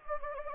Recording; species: mosquito wingbeat signal from an infrared sensor; Anopheles gambiae